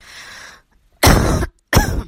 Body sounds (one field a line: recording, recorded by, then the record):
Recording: voluntary cough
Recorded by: messaging app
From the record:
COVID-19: negative